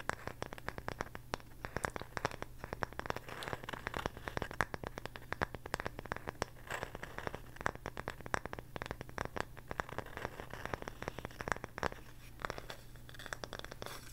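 Rapid tapping runs without pause, sharp clicks piling densely across the whole clip, some clusters faster and crisper than others. A steady low hum sits underneath, and the tapping thins slightly near the end.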